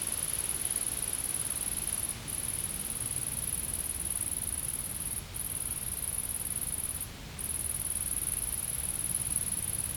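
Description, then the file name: Insect giving a steady, very high-pitched buzzing trill that runs almost continuously, broken by three brief pauses, over soft background noise. Insects recorded in a field. "Insects In The Field"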